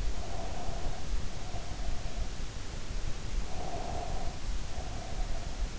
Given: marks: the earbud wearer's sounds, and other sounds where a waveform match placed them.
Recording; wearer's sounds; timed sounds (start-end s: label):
sounds in sleep by an in-ear microphone; breath
0.00-2.50 s: breath
3.44-5.72 s: breath